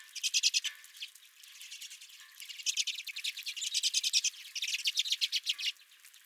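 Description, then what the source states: Redpolls giving rapid rattling trills, sharp repeated chips in loud bursts separated by a quieter stretch. Several redpolls at the recordist's feeder.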